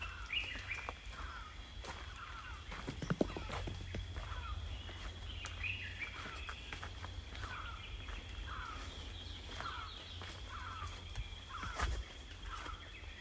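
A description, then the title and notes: A misty morning in rainforest, with birds calling in short repeated phrases every couple of seconds. A thin, steady high whine of insects runs throughout over a low rumble, with occasional soft thumps and clicks of footsteps. Misty morning walk through the Rondo Reserve project at Kakamega Rainforest.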